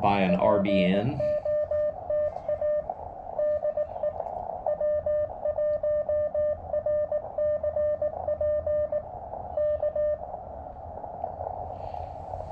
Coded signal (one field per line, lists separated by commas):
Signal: Morse code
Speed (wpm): 18 wpm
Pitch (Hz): 600 Hz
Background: speech, radio noise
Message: POTA DE W1RCP K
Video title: Will It POTA? - Field Testing the DIY Elecraft AX2 Style Short Base-Loaded Vertical Antenna on a KX2